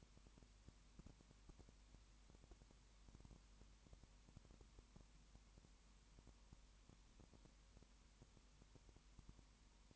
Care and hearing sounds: daily activity, microphone in the room; no activity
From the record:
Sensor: 1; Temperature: 19.7 degrees Celsius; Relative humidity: 40.5%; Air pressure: 1010.7 hPa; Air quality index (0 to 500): 208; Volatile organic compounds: 56 ppm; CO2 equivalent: 3368 ppm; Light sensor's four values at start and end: 1/2/1/1 and 1/2/1/1

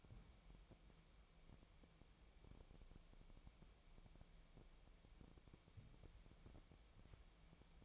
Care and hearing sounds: daily activity, microphone in the room; wipe stove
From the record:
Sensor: 1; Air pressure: 1001.6 hPa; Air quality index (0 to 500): 217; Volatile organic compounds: 27 ppm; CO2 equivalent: 2894 ppm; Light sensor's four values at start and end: 7/28/10/11 and 7/28/10/11

